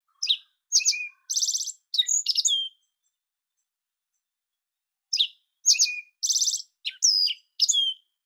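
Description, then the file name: Black-faced bunting giving two high, quick phrases of chipping and buzzy trilled notes, each lasting about two and a half to three seconds, separated by a pause; otherwise quiet. "aoji"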